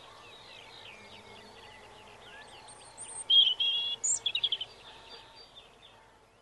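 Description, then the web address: European robin song: thin, high warbling phrases, then a loud burst of sharp, rapidly repeated high notes midway, fading back to soft twitters over steady background noise. "Bird Song Site Robin - Rouge Gorge"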